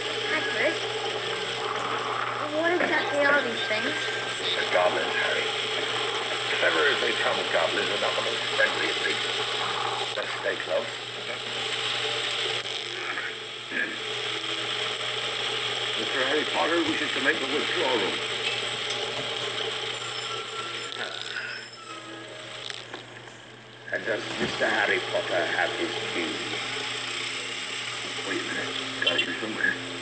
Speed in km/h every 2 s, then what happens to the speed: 27, 26, 26, 29, 29, 26, 25, 24, 22, 22, 17, 11, 11, 10, 8.
0-8 steady at about 27. 8-30 slows to 8.